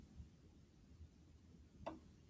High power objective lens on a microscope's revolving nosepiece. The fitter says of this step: Did you hear that click? You want to hear that click.